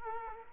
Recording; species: mosquito wingbeat signal from an infrared sensor; Culex quinquefasciatus